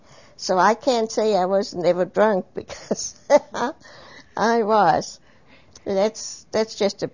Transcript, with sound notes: So I can't say I was never drunk because (laughs) because I was, that's just a